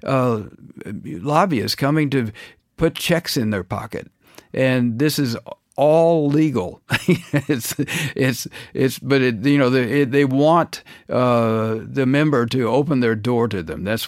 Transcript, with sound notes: lobbyists coming to put checks in their pocket. And this is all legal (laughter). It's - but, you know, they want the member to open their door to them.